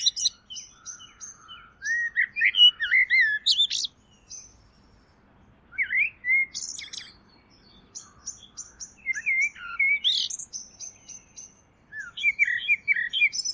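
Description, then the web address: Bird song: bursts of twisting, warbled notes mixed with sharp high ticks, pausing briefly between phrases. "Deverinetal. Bird Only"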